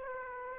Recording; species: mosquito wingbeat signal from an infrared sensor; Aedes aegypti